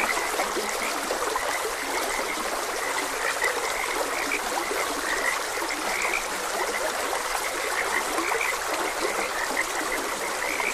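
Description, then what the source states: Croaking of frogs in short bright bursts, steady throughout, blended with a constant trickling stream. Frogs croaking beside a gentle stream, ambient nature sounds.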